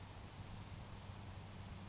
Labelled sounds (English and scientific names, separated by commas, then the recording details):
Grasshopper Sparrow (Ammodramus savannarum)
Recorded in Sonoma County, California